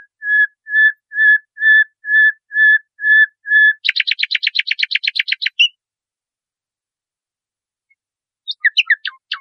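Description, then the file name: Nightingale song: slow repeated whistled notes, then a fast rattling burst of chirps, a pause and a few scattered sharp notes. Training recording (masteran) used to teach caged songbirds. "suara masteran nightingale"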